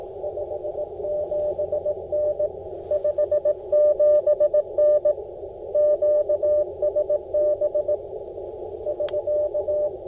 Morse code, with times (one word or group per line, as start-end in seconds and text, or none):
0.2-2.5 57N
2.9-5.1 57N
5.8-8.0 QSB
8.9-9.9 <SK>